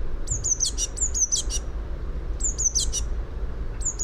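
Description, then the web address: Eurasian blue tit calls: high descending notes followed by scratchy buzzes, given in several quick sequences, with low rumbling underneath. "fugl b-mejse"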